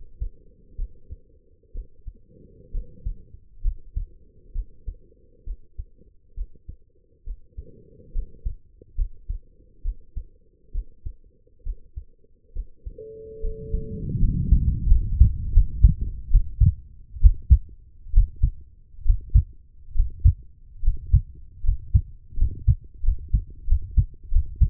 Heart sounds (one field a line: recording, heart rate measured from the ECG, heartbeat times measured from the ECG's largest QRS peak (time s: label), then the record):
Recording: heart sounds by stethoscope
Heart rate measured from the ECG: 71 bpm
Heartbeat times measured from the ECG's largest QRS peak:
0.75 s: heartbeat
1.72 s: heartbeat
2.71 s: heartbeat
3.61 s: heartbeat
4.52 s: heartbeat
5.44 s: heartbeat
6.34 s: heartbeat
7.24 s: heartbeat
8.12 s: heartbeat
8.95 s: heartbeat
9.82 s: heartbeat
10.71 s: heartbeat
11.63 s: heartbeat
12.52 s: heartbeat
13.40 s: heartbeat
14.18 s: heartbeat
14.87 s: heartbeat
15.52 s: heartbeat
16.30 s: heartbeat
17.20 s: heartbeat
18.12 s: heartbeat
19.04 s: heartbeat
19.94 s: heartbeat
20.81 s: heartbeat
21.62 s: heartbeat
22.36 s: heartbeat
23.02 s: heartbeat
23.66 s: heartbeat
24.30 s: heartbeat
From the record:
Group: healthy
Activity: rest 0-11 s, breath hold 11-25 s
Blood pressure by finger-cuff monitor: 106/67 mmHg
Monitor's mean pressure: 77 mmHg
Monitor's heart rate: 67 bpm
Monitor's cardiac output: 5.4 L/min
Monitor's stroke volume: 78 mL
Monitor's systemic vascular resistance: 1040 dyn s/cm5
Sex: female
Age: 23 years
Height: 160 cm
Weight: 50.4 kg